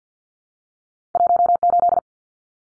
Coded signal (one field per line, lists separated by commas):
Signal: Morse code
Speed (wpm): 50 wpm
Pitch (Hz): 700 Hz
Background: none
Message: 18